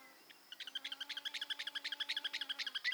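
Campo miner giving a fast series of short, sharp notes, about ten per second, steady in pitch, over faint steady low tones.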